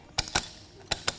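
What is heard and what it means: A black billet aluminum Drake Off Road locking gas cap is twisted clockwise onto the fuel filler neck of a 2018 Jeep Wrangler JL. Its ratchet gives sharp clicks at 0.2, 0.9 and 1.1 seconds as it tightens.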